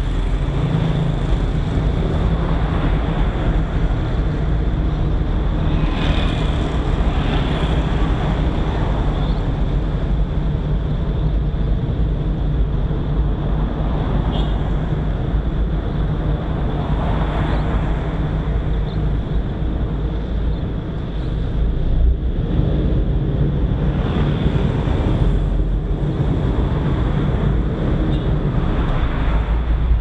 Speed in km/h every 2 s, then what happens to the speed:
0, 0, 0, 0, 0, 0, 0, 0, 0, 1, 0, 0, 0, 2, 3.
0-27 standing.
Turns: none.